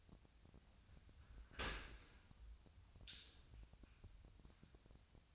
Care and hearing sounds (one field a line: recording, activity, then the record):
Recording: daily activity, microphone in the room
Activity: open dishwasher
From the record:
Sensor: 2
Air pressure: 1006.6 hPa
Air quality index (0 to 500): 201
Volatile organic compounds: 14 ppm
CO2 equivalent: 2458 ppm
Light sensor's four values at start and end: 9/21/9/9 and 9/21/9/9